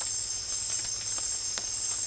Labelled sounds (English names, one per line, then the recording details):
none
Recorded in pastures near Puerto Asís, Putumayo, Colombia, on 28 February 2025 at 18:00
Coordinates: 0.502, -76.324
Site GP07